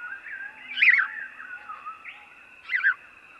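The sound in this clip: House sparrow giving two scratchy chirps separated by a pause, with softer chatter between and a faint constant whine.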